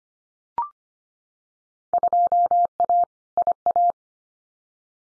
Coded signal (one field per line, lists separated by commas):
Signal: Morse code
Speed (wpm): 25 wpm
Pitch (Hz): 700 Hz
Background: none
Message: 2A IA